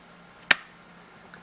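A 2.5-inch SATA hard drive is pushed firmly onto the connector pins of a USB enclosure board, giving one sharp, bright click at 0.5 s over a faint steady hum. A much softer tick follows near 1.3 s, and the drive is seated in place.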